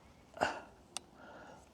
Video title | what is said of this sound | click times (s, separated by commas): I shot a Milky Way pano in the Lake District | Hear that click. | 1.0 s